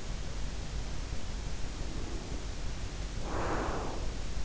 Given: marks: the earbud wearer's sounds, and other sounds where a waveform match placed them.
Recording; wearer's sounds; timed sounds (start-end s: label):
sounds in sleep by an in-ear microphone; breath
1.55-4.38 s: breath